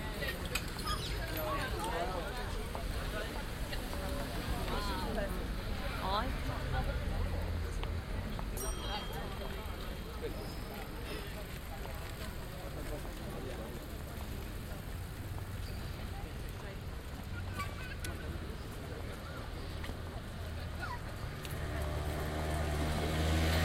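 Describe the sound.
At the Prinsengracht–Spiegelgracht junction in Amsterdam, voices chatter over a steady low rumble of passing traffic, with occasional clicks and a boat engine.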